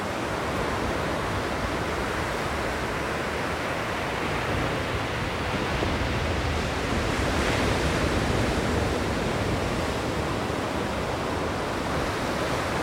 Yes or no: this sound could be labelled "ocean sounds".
yes